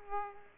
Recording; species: mosquito wingbeat signal from an infrared sensor; Aedes aegypti